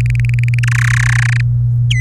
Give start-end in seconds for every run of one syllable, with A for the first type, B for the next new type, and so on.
0.01-0.59 A, 0.63-1.41 B, 1.90-2.00 C